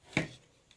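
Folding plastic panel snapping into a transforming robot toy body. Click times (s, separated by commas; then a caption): 0.2 s. A folded plastic panel of a transforming robot toy is held over and snapped into place on the toy's body. A sharp snap at 0.2 s shows the panel seating, followed by a faint tick near 0.7 s.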